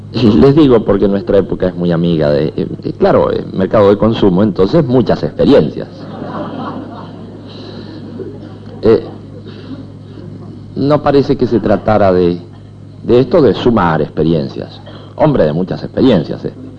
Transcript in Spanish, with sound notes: Les digo porque nuestra época es muy amiga -claro, mercado de consumo-, entonces muchas experiencias (Risas) No parece que se tratara de esto de sumar experiencias, -«hombre de muchas experiencias, este»-